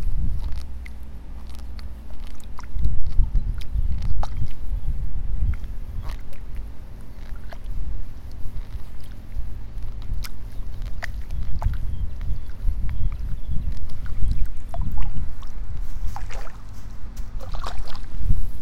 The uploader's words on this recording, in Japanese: イネの苗取り。朝から水苗代に入って、一本一本苗を取っています。片手握りいっぱいになったら、ワラで束にします。